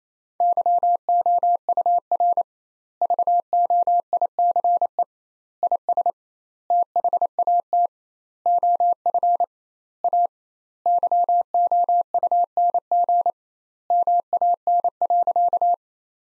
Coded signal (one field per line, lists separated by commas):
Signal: Morse code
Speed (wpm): 28 wpm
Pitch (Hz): 700 Hz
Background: none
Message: YOUR VOICE IS THAT OF A YOUNG MAN.